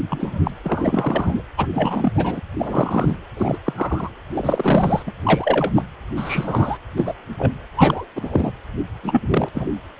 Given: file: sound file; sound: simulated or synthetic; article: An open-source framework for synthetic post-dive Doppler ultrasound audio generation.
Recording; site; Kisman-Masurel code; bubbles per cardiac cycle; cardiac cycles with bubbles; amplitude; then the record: Doppler ultrasound audio after a dive; precordial; 233; several, 3–8; 50–99%; loud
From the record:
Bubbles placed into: full cardiac cycles